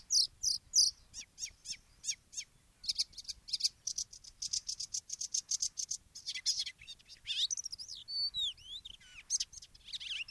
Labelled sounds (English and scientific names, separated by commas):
Icterine Warbler (Hippolais icterina) song